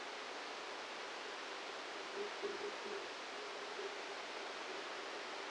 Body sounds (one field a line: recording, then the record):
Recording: brain microelectrode recording played as sound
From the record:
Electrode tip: outside the subthalamic nucleus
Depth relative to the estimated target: -1 mm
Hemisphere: left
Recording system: NeuroSet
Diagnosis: Parkinson's disease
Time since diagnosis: 8 years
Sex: male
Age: 58 years